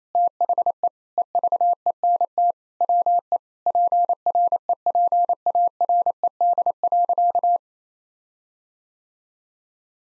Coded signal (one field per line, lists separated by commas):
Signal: Morse code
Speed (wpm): 28 wpm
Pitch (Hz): 700 Hz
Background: none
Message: THE EVENT WE PREPARED.